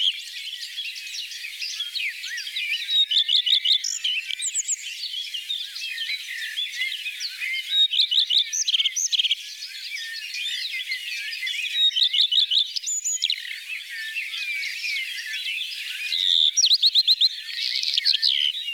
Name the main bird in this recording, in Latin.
Phoenicurus phoenicurus